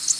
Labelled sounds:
Canada Warbler (Cardellina canadensis) flight call

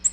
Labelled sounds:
Nashville Warbler (Leiothlypis ruficapilla) flight call

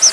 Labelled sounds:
Chestnut-sided Warbler (Setophaga pensylvanica) flight call

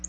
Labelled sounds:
Black-throated Blue Warbler (Setophaga caerulescens) flight call

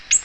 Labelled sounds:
Ovenbird (Seiurus aurocapilla) flight call

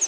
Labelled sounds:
Pine Warbler (Setophaga pinus) flight call

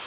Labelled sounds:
Nashville Warbler (Leiothlypis ruficapilla) flight call

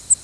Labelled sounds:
Cape May Warbler (Setophaga tigrina) flight call

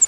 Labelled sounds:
Pine Warbler (Setophaga pinus) flight call

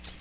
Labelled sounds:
Magnolia Warbler (Setophaga magnolia) flight call

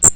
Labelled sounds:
Magnolia Warbler (Setophaga magnolia) flight call

